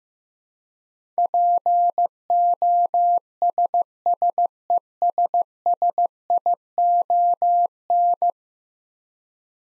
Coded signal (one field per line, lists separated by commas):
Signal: Morse code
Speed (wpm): 15 wpm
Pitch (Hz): 700 Hz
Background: none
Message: POSSESSION